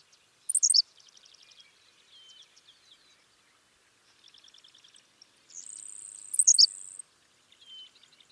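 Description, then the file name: Henslow's sparrow giving brief high hiccupping song bursts twice, about six seconds apart, over softer buzzy and trilling calls of other birds or insects. "Ammodramus henslowii - Henslow's Sparrow"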